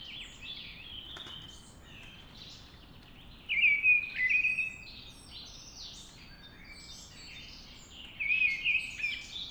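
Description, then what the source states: Mistle Thrush singing two loud, fluty, warbling phrases several seconds apart, with other small birds chirping high in the background. Singing at dawn.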